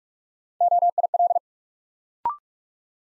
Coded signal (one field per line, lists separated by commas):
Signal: Morse code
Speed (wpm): 49 wpm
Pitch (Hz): 700 Hz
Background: none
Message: OIL